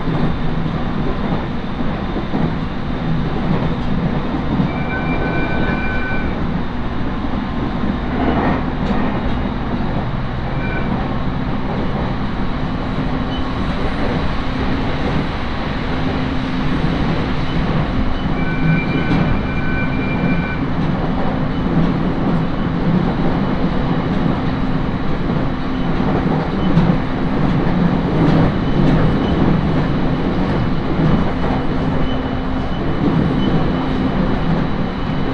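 Inside a four-car Series 701 train on the Tohoku Main Line from Sendai toward Kogota, a steady low rumble and rolling hum fill the whole clip. Brief paired tones sound around 5 and 19 seconds, with faint clicks and rattles scattered throughout.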